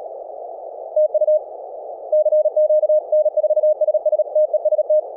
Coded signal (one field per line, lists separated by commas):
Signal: Morse code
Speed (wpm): 37 wpm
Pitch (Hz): 620 Hz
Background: none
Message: TU CQ N4SS TEST